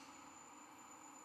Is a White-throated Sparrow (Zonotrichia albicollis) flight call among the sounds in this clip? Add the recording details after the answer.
no. No flight call is heard. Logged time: 01:59 on 12 November 2014